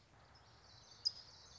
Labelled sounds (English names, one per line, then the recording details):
Common Yellowthroat
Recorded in Sonoma County, California